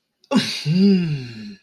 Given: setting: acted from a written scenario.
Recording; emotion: vocal sound without words; embarrassment